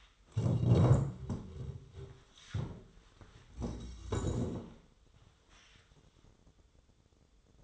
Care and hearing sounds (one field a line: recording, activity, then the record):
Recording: daily activity, microphone in the room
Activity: stand up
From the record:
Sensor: 3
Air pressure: 1005.3 hPa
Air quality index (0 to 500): 96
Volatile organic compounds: 3 ppm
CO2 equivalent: 1502 ppm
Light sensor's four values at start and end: 10/22/9/9 and 9/21/9/9